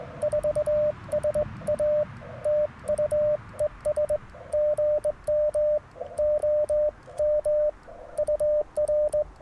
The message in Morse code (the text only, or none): 4SA TU ES GM OM UR